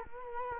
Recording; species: mosquito wingbeat signal from an infrared sensor; Culex quinquefasciatus